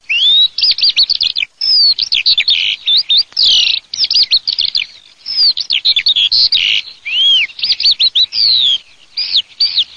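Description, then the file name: Eurasian skylark song: a continuous, rapid, high warbling stream of varied trills, slurred whistles and chirps, with barely any pauses throughout. "ALLODOLAG"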